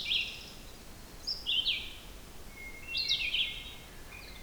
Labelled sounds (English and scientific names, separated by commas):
Red-eyed Vireo (Vireo olivaceus) song